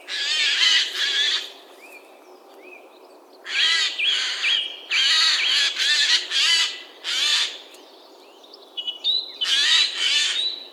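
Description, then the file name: Eurasian jay uttering loud, hoarse screeches in short runs of several rasps, with brief thin whistled notes between the outbursts. "Garrulus glandarius"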